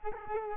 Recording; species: mosquito wingbeat signal from an infrared sensor; Culex quinquefasciatus